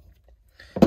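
A screw is driven into an interior trim mounting hole while an XJ's interior is being reassembled, and it spins without biting. Faint low rumble gives way to a brief rattling burst at 0.6 s and a louder sharp click at 0.8 s. The screw is stripped out.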